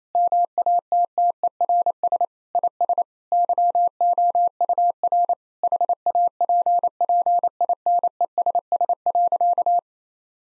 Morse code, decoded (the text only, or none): MATTERS IS YOUR HAPPINESS.